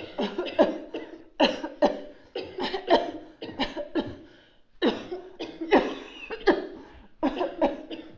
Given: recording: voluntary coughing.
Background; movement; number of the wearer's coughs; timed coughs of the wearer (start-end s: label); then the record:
a bystander coughing; sitting; 13
0.18-0.56 s: cough
0.56-0.82 s: cough
1.38-1.74 s: cough
1.79-2.19 s: cough
2.49-2.87 s: cough
2.87-3.31 s: cough
3.58-4.11 s: cough
3.95-4.39 s: cough
4.80-5.31 s: cough
5.60-6.08 s: cough
6.29-6.83 s: cough
7.21-7.53 s: cough
7.59-8.05 s: cough
From the record:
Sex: female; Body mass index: 21.8 kg/m2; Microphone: on the chest, facing outward